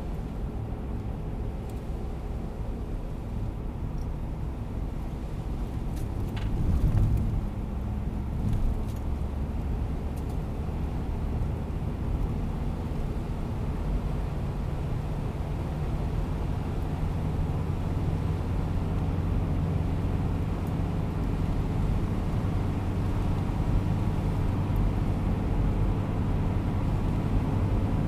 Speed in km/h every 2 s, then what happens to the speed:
65, 64, 63, 65, 69, 72, 75, 80, 83, 87, 90, 93, 95, 96.
0-6 steady at about 64. 6-28 speeds up to 96.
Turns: none.